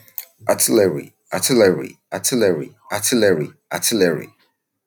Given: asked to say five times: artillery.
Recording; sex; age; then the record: repeated word; male; 20 to 29 years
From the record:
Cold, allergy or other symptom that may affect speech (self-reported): no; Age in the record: 28 years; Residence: United Kingdom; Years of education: 16